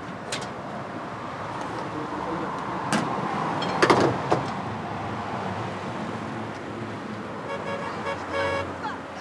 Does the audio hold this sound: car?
yes